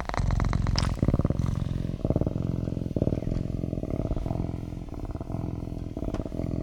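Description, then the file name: Cougar cub giving a continuous deep rumbling purr, rhythmic and pulsing, with brief breaks. "cougar cub purring Cougar Cub Purring"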